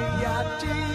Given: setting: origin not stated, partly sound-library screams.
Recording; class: one-second piece from a danger detection set; normal situation